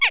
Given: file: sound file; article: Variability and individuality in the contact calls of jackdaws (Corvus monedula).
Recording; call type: jackdaw call; harmonic